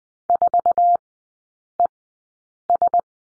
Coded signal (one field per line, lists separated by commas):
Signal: Morse code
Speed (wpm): 20 wpm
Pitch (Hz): 700 Hz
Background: none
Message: 4ES